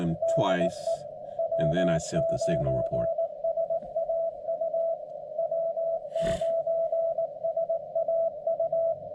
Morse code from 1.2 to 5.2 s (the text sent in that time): W9SAU